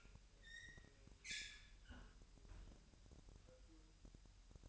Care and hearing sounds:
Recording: daily activity, microphone in the room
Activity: close fridge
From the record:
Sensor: 2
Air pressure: 1001.8 hPa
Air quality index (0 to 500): 250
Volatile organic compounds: 39 ppm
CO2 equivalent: 3130 ppm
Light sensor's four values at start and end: 8/28/11/10 and 8/28/10/10

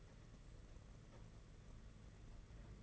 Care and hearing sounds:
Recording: daily activity, microphone in the room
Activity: take from stove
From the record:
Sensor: 4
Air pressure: 992.8 hPa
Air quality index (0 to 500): 175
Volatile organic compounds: 326 ppm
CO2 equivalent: 4536 ppm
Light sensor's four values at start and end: 5/11/4/5 and 5/11/4/5

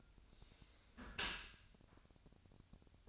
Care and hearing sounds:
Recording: daily activity, microphone in the room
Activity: close dishwasher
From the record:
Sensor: 2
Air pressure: 1006.5 hPa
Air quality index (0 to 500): 203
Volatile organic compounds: 15 ppm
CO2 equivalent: 2480 ppm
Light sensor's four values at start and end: 9/22/9/9 and 9/22/9/9

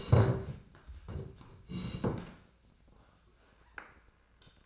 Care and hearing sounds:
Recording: daily activity, microphone in the room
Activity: sit down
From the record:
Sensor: 2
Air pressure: 1012.1 hPa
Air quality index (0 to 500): 170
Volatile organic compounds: 2 ppm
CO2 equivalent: 1240 ppm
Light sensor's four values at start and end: 51/115/54/63 and 49/121/53/60

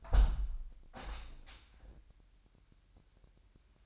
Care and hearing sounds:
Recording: daily activity, microphone in the room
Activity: close window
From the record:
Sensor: 2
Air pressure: 997.8 hPa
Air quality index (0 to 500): 138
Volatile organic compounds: 4 ppm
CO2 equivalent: 1561 ppm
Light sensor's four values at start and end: 10/31/12/12 and 10/31/12/12

